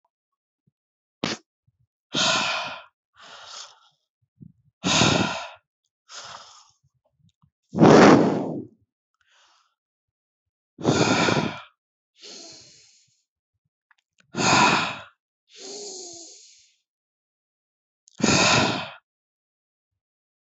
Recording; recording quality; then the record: deep breathing; moderate, slight background noise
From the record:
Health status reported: healthy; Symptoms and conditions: none ticked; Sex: male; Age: 32 years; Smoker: not ticked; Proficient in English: yes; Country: India